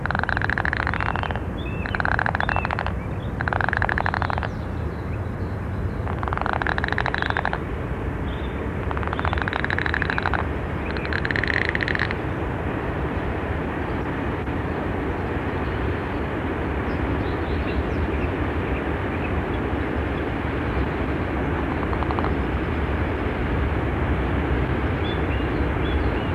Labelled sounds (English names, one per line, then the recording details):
Common Frog call
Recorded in the wild
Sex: male
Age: adult
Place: Malchower Aue, Berlin, DE
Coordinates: 52.5808, 13.4886
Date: 1990-04-01 18:27
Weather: Wassertemperatur: 15,5°C
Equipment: Riporter 6 RG-K, Halbspur, Sennheiser MKH 416 T
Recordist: Frommolt, Karl-Heinz